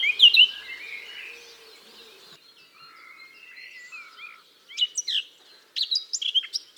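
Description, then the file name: Eurasian blackcap song: a varied run of high chattering and warbled notes, a quieter passage, then loud bursts of sharp notes near the end. "Sylvia atricapilla"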